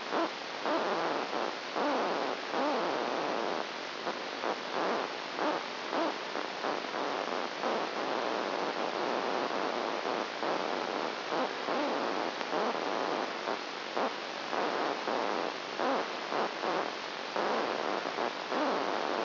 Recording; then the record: brain microelectrode recording played as sound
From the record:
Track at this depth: outside the subthalamic nucleus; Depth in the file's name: 5.002 mm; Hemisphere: left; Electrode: 1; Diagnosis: Parkinson's disease